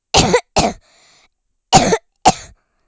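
A child gives four short, harsh, forceful coughs in two pairs, with a pause of about a second between the pairs. There is no whoop or wheeze between them. This is a plain childhood cough.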